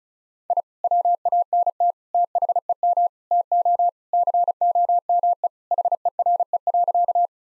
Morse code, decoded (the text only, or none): I WANT THEM TO COME HERE.